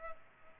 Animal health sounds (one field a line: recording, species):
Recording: mosquito wingbeat signal from an infrared sensor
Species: Culex pipiens